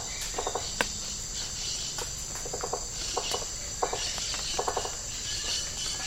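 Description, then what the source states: Rainforest insects chorus with a shrill high hum and clusters of fast rattling ticks scattered irregularly throughout. Tropical rainforest habitat.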